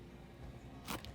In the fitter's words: snaps right into place I make